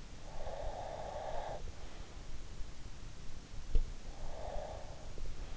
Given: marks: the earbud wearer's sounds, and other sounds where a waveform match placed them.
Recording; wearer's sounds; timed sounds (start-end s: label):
sounds in sleep by an in-ear microphone; breath
0.29-1.67 s: breath
3.76-5.21 s: breath